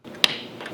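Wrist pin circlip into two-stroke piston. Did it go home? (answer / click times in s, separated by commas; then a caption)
yes / 0.2 s. A steel wrist pin circlip is pushed by hand with a 13 mm socket into the groove of an aluminium two-stroke piston. A sharp, bright snap is heard at 0.2 seconds, followed by a faint softer sound near 0.6 seconds. The clip is then checked and confirmed seated in the groove.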